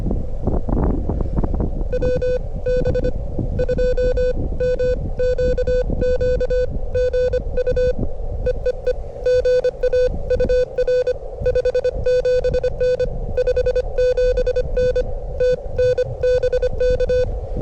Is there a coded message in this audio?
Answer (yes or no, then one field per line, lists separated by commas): yes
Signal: Morse code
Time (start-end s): 1.9-17.2 s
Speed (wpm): 25 wpm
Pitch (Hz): 500 Hz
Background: none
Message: WB2MQQ GU EEE GA UR 57N 57N TN BK